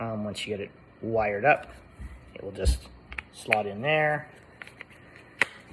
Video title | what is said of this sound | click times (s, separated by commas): Custom bone curved hilt chassis | clicks into place and then it's held in the chassis so it's not going to fall out on you it's not going to rattle around | 5.4 s